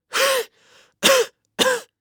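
Three harsh, voiced cough bursts in about two seconds from an old man, the first longest, with a faint breath drawn in before the second. A plain male cough with a rough, throaty quality, a sound effect.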